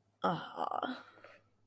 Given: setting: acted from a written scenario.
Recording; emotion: vocal sound without words; pride